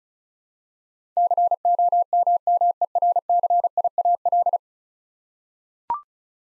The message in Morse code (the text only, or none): COMMERCIAL